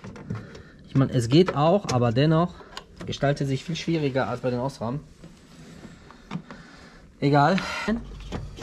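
Someone talks while handling an H4 LED headlight bulb at a car headlight housing, where it is to be pushed in and twisted until it locks. Short, faint knocks and taps are heard near 0.0–0.3 s and again around 6.1–6.5 s between the talking. The clip ends before the bulb goes home, and nothing has seated or clicked yet.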